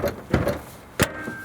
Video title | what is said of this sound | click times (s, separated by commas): Nissan Sentra (2020-2025): How To Open Hood? | and then you have to use both hands to push it down until it snaps. | 0.3 s, 1.0 s